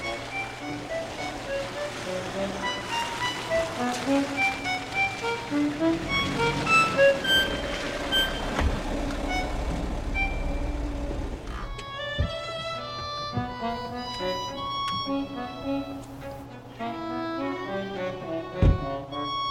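A jeep's engine rumbles low while its tires churn and splash through wet mud as it drives into a yard, a steady sloshing wash of noise that shifts into rougher, tonal engine whine toward the end.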